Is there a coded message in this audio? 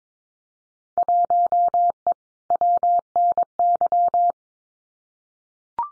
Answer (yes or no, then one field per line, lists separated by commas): yes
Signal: Morse code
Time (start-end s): 1.0-4.3 s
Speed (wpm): 22 wpm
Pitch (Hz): 700 Hz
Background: none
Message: 1E WNY